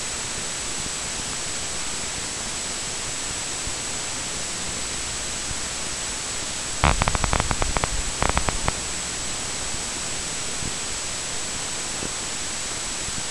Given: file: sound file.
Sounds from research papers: Examples of audio tracks of spontaneous EMG tracings of ipsilateral #494.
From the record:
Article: Causation of Acute Flaccid Paralysis by Myelitis and Myositis in Enterovirus-D68 Infected Mice Deficient in Interferon αβ/γ Receptor Deficient Mice

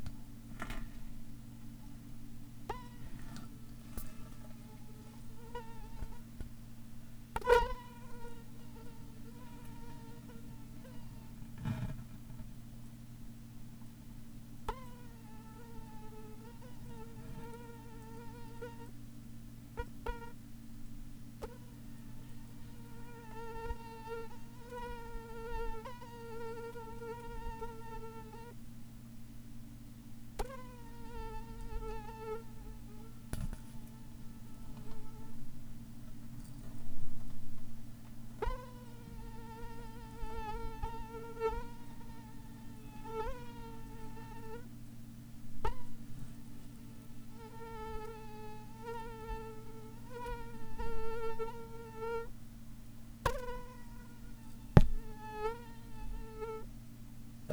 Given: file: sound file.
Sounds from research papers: Acoustic recording from wild female Culex spp. mosquito inside a local residence in Ranomafana, Madagascar. Recording was done by a volunteer using a locally available non-smart phone.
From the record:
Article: Using mobile phones as acoustic sensors for high-throughput mosquito surveillance

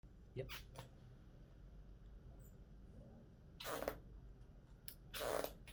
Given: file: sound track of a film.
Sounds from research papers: Case 1: audible squeaking with pain-free shoulder movement.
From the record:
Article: Incomplete glenosphere seating: a cause for concern

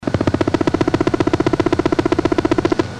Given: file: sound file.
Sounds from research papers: Sample of a train of a Pulse 3 song.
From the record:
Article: Phenotypic differentiation in love song traits among sibling species of the Lutzomyia longipalpis complex in Brazil

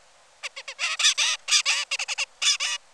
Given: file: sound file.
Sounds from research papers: Song of bird #3 (56 days post-hatch).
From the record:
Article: Common Features of Neural Activity during Singing and Sleep Periods in a Basal Ganglia Nucleus Critical for Vocal Learning in a Juvenile Songbird

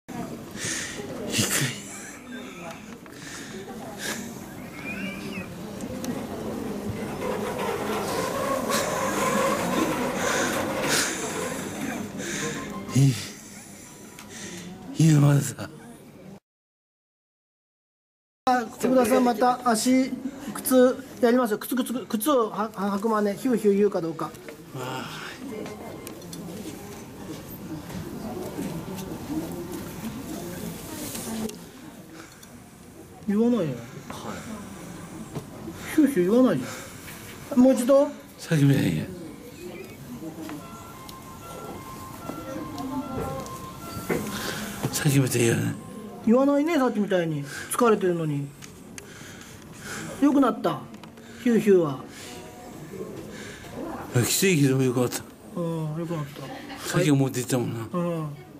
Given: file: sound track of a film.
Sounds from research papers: Severe wheeze by STN-DBS and improvement of the wheeze after changing the DBS contact site are shown in the first half and the latter half of the movie, respectively.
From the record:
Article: Adjustment of Subthalamic Deep Brain Stimulation Parameters Improves Wheeze and Dyspnea in Parkinson's Disease

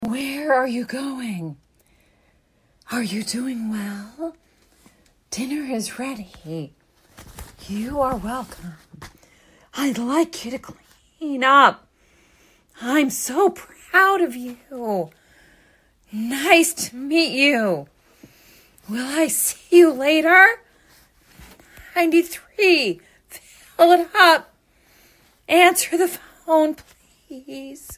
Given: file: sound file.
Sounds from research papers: The participant was producing customized functional phrases with effort as prompted by the clinician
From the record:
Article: Intensive Voice Treatment following Botulinum Neurotoxin Injection for a Speaker with Abductor Laryngeal Dystonia: An Exploratory Case Study

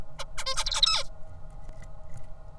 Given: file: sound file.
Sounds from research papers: Example of Song Motif from Pupil of Tutor #38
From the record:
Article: Incomplete and Inaccurate Vocal Imitation after Knockdown of FoxP2 in Songbird Basal Ganglia Nucleus Area X

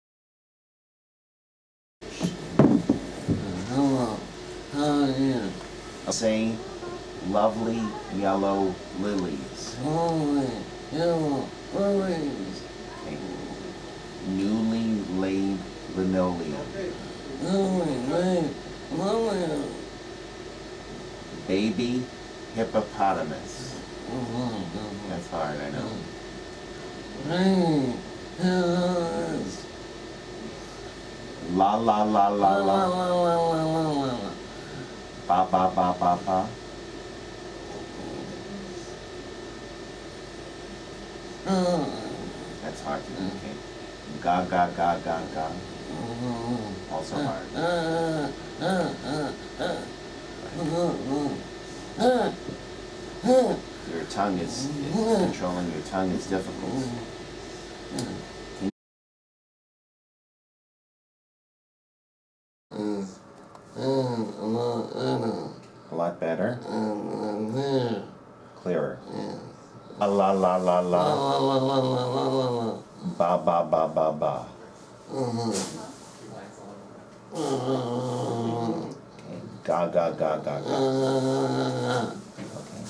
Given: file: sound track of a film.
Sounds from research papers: Upon discontinuation of pramipexole. Patient without noticeable improvement of dysarthria with rotigotine. Patient experienced improvement of dysarthria subsequently.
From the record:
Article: Dramatic Response to Pramipexole in Delayed-Onset Parkinsonism from Osmotic Demyelinating Syndrome

